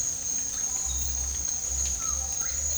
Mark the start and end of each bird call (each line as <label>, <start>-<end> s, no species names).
bird call, 1.92-2.58 s